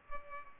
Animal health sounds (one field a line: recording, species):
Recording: mosquito wingbeat signal from an infrared sensor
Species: Culex pipiens